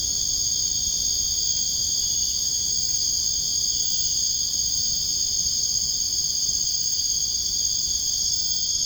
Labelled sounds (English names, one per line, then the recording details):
none
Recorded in dense forest near Puerto Asís, Putumayo, Colombia, on 22 June 2025 at 01:00
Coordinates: 0.481, -76.323
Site G072